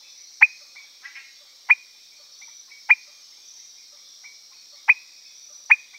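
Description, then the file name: Peters' thin-toed frog uttering sharp notes at uneven spacing, with a fainter softer call and a steady high drone in the background. "Leptodactylus petersii"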